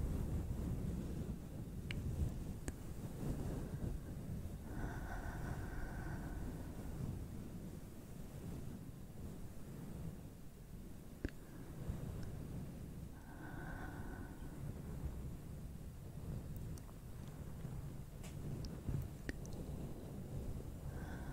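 Nails scratch steadily across a fluffy mic, a dense low rustling rumble with sharp clicks and two soft hushing swells near 5 and 13 seconds.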